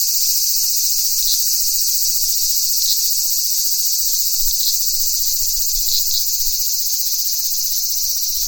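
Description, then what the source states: Cicadas giving a loud, sustained sizzling buzz with brief brighter flickers, continuous throughout, over faint low background noise. Several cicadas.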